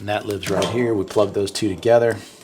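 Someone talks while handling an extension harness plug and the mating plastic connector of the Johnny Bucket wiring, lining the two up to plug them together. Faint handling noise sits under the voice, but the plug has not snapped or seated yet when the clip ends.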